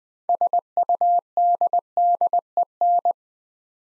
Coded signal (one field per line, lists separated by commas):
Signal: Morse code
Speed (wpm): 20 wpm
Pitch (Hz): 700 Hz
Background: none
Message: SUDDEN